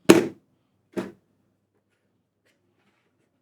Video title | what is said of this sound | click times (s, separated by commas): Oraimo Aircruze Fan Assembly From Start to Finish | As you can see, it's going to snap in place. It's not going to fall off. | 0.1 s